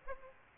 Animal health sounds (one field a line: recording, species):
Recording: mosquito wingbeat signal from an infrared sensor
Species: Aedes aegypti